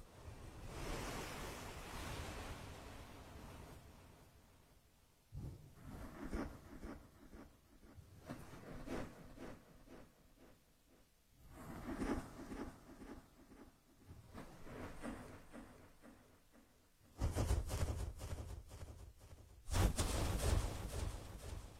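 Ear massage: dense rustling and rubbing that swells and fades in waves, with brief pauses and louder, harsher scraping bursts near the end.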